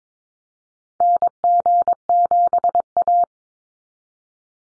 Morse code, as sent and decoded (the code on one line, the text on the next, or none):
-. --. --... .-
NG7A